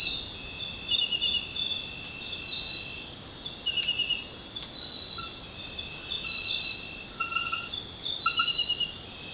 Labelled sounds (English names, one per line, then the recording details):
none
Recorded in secondary vegetation near Puerto Asís, Putumayo, Colombia, on 13 March 2025 at 00:00
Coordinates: 0.498, -76.327
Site G001